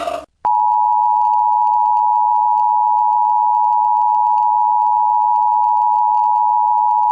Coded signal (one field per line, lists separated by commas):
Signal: Emergency Alert System (SAME) tones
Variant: 853 and 960 Hz attention tone